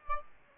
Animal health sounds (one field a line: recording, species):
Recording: mosquito wingbeat signal from an infrared sensor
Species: Aedes aegypti